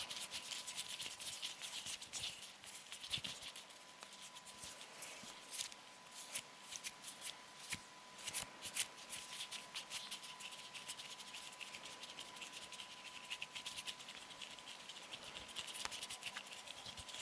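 Hands rub, flutter and pat against each other in a dense, continuous run of soft scratchy friction, with sharper bright ticks scattered throughout, especially around seconds 3, 6, 8 and 16. A faint steady tone hums underneath the whole time.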